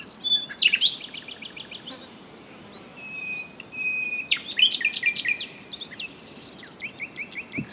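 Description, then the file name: Common nightingale song: a stuttering series of quick notes, a long steady whistle, a loud tumbling burst, then a neat run of repeated upslurred notes. "Luscinia megarhynchos"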